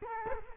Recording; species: mosquito wingbeat signal from an infrared sensor; Culex quinquefasciatus